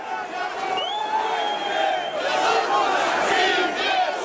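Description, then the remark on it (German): A large crowd at a demonstration in Belarus, estimated at between 3,000 and 40,000 people, marches through the streets shouting "Zhyve Belarus!" ("Long live Belarus!") in unison, many voices blending into a loud, sustained roar with rising cries, steady and dense throughout. “Die Menschenmasse zieht durch die Straßen. Sie schreit: «Живи Беларусь!»”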